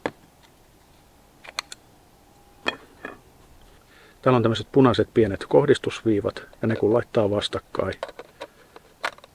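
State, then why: Seated. A 2x telephoto extender, a Canon Extender X2, is lined up with the red alignment marks on the bayonet mount of a Canon R6 Mark II mirrorless camera body and turned into place. Several small sharp taps and clicks sound in the first few seconds, someone talks from about 4.3 to 8 seconds, and then a few light handling sounds follow. A short click at 9.1 s marks the extender seating onto the camera mount.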